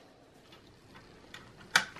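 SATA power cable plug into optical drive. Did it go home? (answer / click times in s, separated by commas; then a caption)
yes / 1.8 s. A SATA power cable plug is pushed back onto the power port of an optical drive in a Dell Optiplex 3060. A faint tick is heard at 1.3 s, then the plug's plastic latch snaps with a sharp, bright click at 1.8 s as the connector seats.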